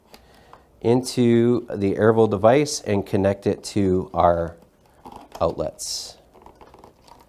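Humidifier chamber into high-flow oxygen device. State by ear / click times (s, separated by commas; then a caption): seated / 6.5 s. A humidifier chamber is slid into a heated high-flow oxygen device until it locks into place. Someone talks, then a short run of small clicks and handling sounds follows, with the locking click at 6.5 seconds. The chamber is seated.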